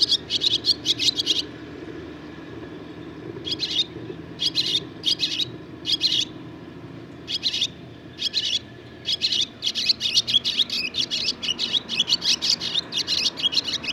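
Barn swallow song: long, rapid twittering chatter of scratchy high chirps, broken by a few short gaps, continuing almost throughout.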